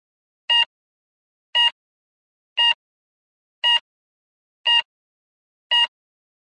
Daily life normal heartbeat pulse sound effect.